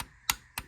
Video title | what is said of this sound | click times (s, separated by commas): Hyundai Santa Fe 2.4L Spark Plug Replacement How-To | So go ahead and start tightening this up until it clicks. Right | 0.3 s